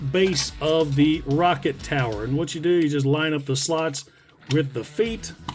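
Someone talks while lining up the slots of the plastic feet, formerly the base of the rocket tower, with the legs of a 1985 Transformers G1 Omega Supreme toy robot. The feet are handled but not yet pushed home, and nothing has seated or clicked yet.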